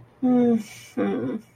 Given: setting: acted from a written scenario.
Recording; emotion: vocal sound without words; guilt